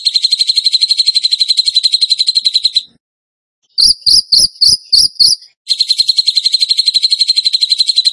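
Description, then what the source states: Bird song: long, fast, high trills, broken by a run of six separate sharp chirps, then the rapid trill returns. Bird song in the tembakan gacor style, used as masteran (training for other birds).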